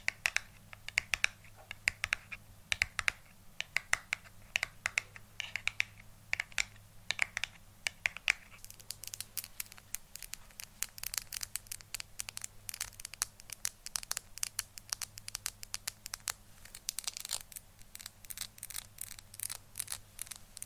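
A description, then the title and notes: Quick, crisp tapping runs throughout, in dense irregular bursts of sharp clicks, sounding much like fingers on a keyboard. The taps grow busier and brighter after about eight seconds. A low steady hum sits underneath the whole time. ASMR Tapping For Sleep & Relaxation.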